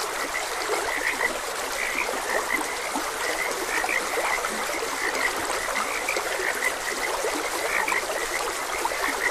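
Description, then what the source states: Frog chorus of brief, repeated chirpy croaks scattered throughout, set against the constant babble of flowing water. Frogs croaking beside a gentle stream.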